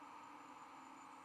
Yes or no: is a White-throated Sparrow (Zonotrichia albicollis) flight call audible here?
no